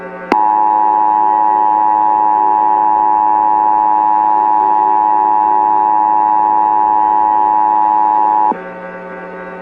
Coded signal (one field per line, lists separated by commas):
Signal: Emergency Alert System (SAME) tones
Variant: 853 and 960 Hz attention tone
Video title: EAS Scenario (Trailer): The Big Orlando Riot of 2022.